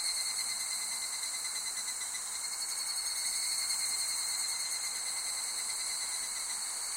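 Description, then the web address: Insects chorusing nonstop, a bright shimmering buzz in several high layers plus a thinner ringing note, level and constant for the whole stretch. Summer insect ambience recorded in Japan. "Sound Effects-Foundation 1 AMBIENCE JAPANESE SUMMER INSECTS"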